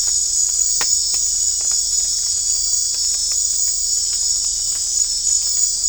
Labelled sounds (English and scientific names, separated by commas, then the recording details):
none
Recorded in dense forest near Puerto Asís, Putumayo, Colombia, on 22 December 2024 at 19:00
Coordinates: 0.500, -76.322
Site G053